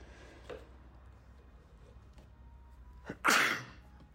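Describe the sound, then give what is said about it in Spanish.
A single sharp sneeze bursts out after a brief intake of breath, following several seconds of near silence broken only by faint small clicks. “Vi una corriente de frío, estornudo.”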